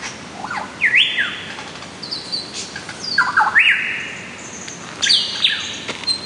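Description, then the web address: Lyrebird song: loud ringing whistled phrases, each a rising sweep into a sustained note, repeated three times. Listener recording by Neil Duggan, Turrbulga National Park, Victoria. "earworm extra listener lyrebirds"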